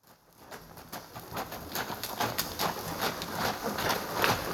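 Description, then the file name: Horse hoofbeats, a run of clopping steps that grows louder. "Noble Steed"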